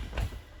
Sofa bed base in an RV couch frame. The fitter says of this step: clicks into place